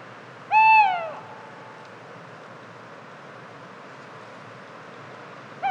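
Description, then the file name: Tawny owl with one short, hoarse, descending call early on, then quiet hiss until a brief start of another call at the very end. "kattugle"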